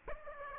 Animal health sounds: mosquito wingbeat signal from an infrared sensor; Aedes aegypti

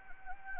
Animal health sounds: mosquito wingbeat signal from an infrared sensor; Anopheles gambiae

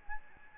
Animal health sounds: mosquito wingbeat signal from an infrared sensor; Aedes albopictus

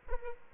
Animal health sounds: mosquito wingbeat signal from an infrared sensor; Aedes albopictus

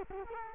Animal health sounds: mosquito wingbeat signal from an infrared sensor; Culex quinquefasciatus

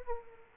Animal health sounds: mosquito wingbeat signal from an infrared sensor; Aedes aegypti

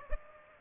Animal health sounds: mosquito wingbeat signal from an infrared sensor; Aedes aegypti

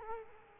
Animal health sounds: mosquito wingbeat signal from an infrared sensor; Culex quinquefasciatus

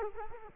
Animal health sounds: mosquito wingbeat signal from an infrared sensor; Culex quinquefasciatus

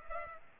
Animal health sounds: mosquito wingbeat signal from an infrared sensor; Culex pipiens

